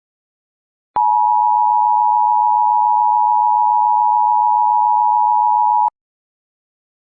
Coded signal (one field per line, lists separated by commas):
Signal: Emergency Alert System (SAME) tones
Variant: 853 and 960 Hz attention tone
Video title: EAS Scenario: The Engineer